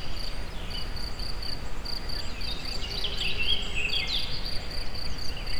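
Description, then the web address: Insects keep up a high pulsed trill in regular bursts, with other chirps in the second half over low background noise. Recorded in nature at very close range at the Eger tourist house (Egerturistaház). "allathangok termeszetben rovarok premium egeszenkozelrol egerturistahaz"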